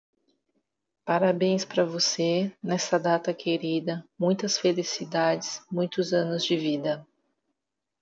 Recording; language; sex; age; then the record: short text; Brazilian Portuguese; female; 30 to 39 years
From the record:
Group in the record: control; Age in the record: 32 years